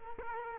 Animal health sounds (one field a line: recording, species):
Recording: mosquito wingbeat signal from an infrared sensor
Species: Culex quinquefasciatus